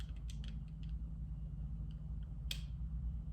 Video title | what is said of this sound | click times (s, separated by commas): 14 days is a Long Time to Isolate - Visha Vijayanand | It's a very satisfying click. | 2.5 s